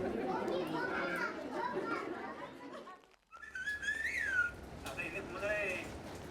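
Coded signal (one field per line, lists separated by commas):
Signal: whistled language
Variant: Sochiapam Chinantec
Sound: talking voices, a brief pause, then gliding and steady high whistled phrases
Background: background chatter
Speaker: this is the same sentence um whistled and this is the same sentence spoken oh my goodness so it's as if they're using the same tone structure speaking and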